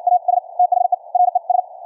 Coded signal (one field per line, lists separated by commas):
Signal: Morse code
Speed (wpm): 58 wpm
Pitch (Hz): 720 Hz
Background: none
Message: AS THERES